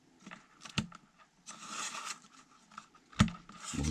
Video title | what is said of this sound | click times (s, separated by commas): DIY 3D Puzzle Lantern modele 2 with led light Crafts & Co Magasin Action | là ça s'enclen bien déjà c'est une bonne chose | 3.2 s